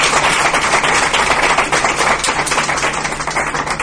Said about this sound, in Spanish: Pues vamos a darle un aplauso a nuestra amiga que ha contado su experiencia.